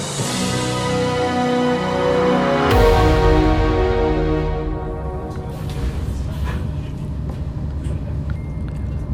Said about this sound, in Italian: Siamo partiti, la prima parte del viaggio si fa in treno.